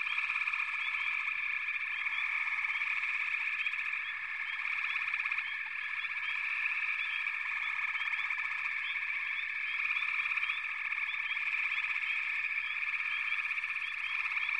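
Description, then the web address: Frogs calling in a dense, unbroken chorus: a steady high ringing trill with short chirps scattered on top, holding level for the whole stretch. "Nature Songs Nature Sounds Sounds of Nature Collection 54 Froggies"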